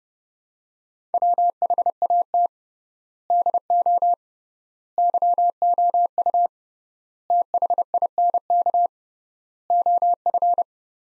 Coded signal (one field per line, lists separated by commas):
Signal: Morse code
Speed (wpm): 29 wpm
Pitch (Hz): 700 Hz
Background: none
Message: WHAT DO YOU THINK OF